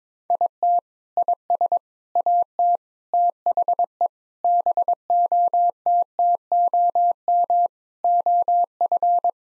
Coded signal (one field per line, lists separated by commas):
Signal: Morse code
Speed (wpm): 22 wpm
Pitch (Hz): 700 Hz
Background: none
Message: IT IS AT THE BOTTOM OF